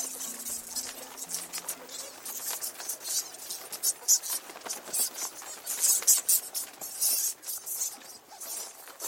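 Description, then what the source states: Bats: a dense, shrill chatter of high, sharp squeaks. Bats in a cave outside Tel Aviv, disturbed by a net scraped against the rocks and flying out overhead.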